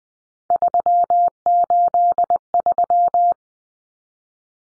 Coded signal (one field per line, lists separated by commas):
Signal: Morse code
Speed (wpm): 20 wpm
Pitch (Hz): 700 Hz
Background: none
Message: 383